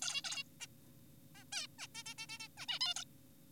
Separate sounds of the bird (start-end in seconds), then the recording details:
0.02-0.21, 0.25-0.43, 0.61-0.67, 1.35-1.44, 1.53-1.67, 1.79-1.87, 1.95-2.03, 2.06-2.14, 2.18-2.27, 2.29-2.39, 2.40-2.48, 2.58-2.66, 2.69-2.79, 2.81-2.94, 2.96-3.04. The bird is an adult. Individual g4p5U